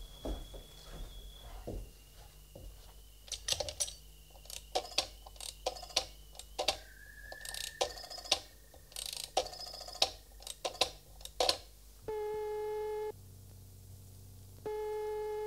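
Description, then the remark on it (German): A rotary telephone dial clicks and whirs through several numbers in bursts of rapid ratcheting as a call is placed to police headquarters, then a steady electronic ring tone sounds in two long pulses separated by a short pause. “Kann ich bei Ihnen telefonieren?”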